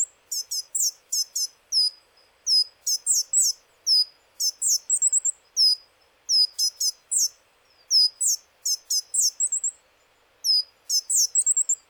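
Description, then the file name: Coal tit calling, with rapid clusters of very high-pitched chips and short trilled phrases repeated in bursts separated by short pauses. Okayama, Japan, 18 May 2016. "higara okayama kaji"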